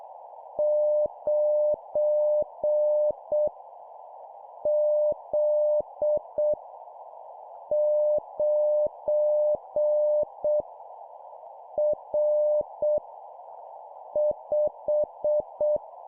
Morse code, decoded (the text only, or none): 9 Z 9 R 5